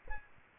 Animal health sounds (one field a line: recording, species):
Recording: mosquito wingbeat signal from an infrared sensor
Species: Aedes albopictus